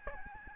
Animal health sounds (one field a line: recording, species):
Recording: mosquito wingbeat signal from an infrared sensor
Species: Aedes albopictus